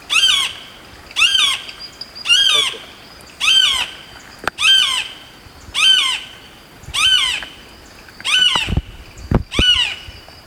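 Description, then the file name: Ridgway's hawk calling with harsh, squealing, harmonic-rich notes, each a short burst repeated about every second and a quarter, with a few clicks near the end. "Hawk Ridgeways"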